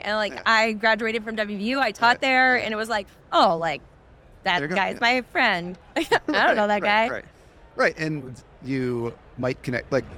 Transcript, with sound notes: And, like, I graduated from WVU.
Yeah, yeah.
I taught there and it was like, "Oh," like, "That guy's my friend." [Chuckles] I don't know that guy.
Right. Right. Right. And you might connect, like,